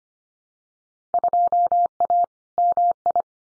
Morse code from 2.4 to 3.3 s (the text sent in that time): MI